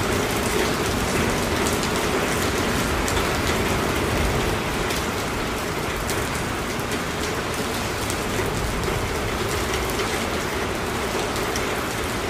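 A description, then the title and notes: Rain patters steadily on a garage roof, a dense, even hiss with countless fine drops ticking throughout and a low rumble underneath. Garage Rain. Unwind with the soothing sounds of rain gently pelting the roof of a garage.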